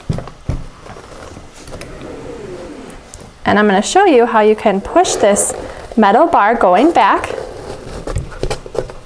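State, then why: Not seated. Someone talks while handling the metal cross bar of a Badger Basket 67051 Leisure Twin toy doll wagon, with brief knocks and taps, a short sustained sound near 1.7 s, and a cluster of sharp taps around 8.4–8.8 s. The bar is being pushed back firmly toward the two plastic clips on the wagon's bottom board, one on each side, but nothing has seated or clicked yet.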